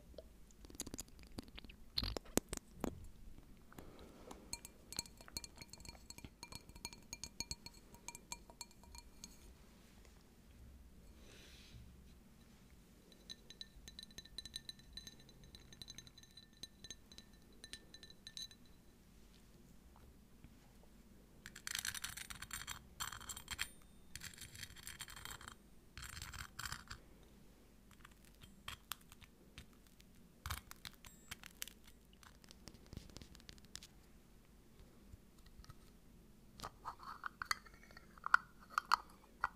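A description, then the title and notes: Someone eats, with scattered clicks and soft chewing spread across the forty seconds. Faint ringing clinks, like utensils on glass or a plate, sound around 3–10 and 13–18 seconds, and a denser crunchy stretch comes near 21–27 seconds over a low steady hum. Eating only.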